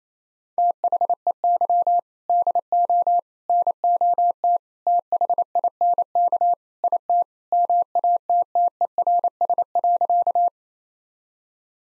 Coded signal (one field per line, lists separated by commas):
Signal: Morse code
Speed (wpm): 28 wpm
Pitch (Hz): 700 Hz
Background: none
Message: THEY DO NOT THINK IT MATTERS.